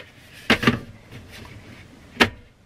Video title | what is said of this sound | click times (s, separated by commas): Dyson Portable Heater HP01 Hot Cool Fan With Air Purifier | make sure it snaps back into place then line up | 2.2 s